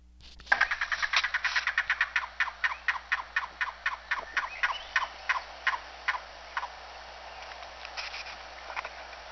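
Yellow-billed cuckoo call, a long series of hollow, knocking notes that start quickly and gradually slow and weaken over about eight seconds, with low steady hum beneath.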